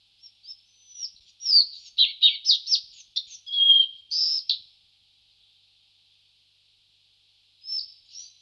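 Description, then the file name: Collared flycatcher singing a varied phrase of high, squeaky notes and short slurred whistles for about four seconds, then a pause before the next phrase begins. "Balia dal collare"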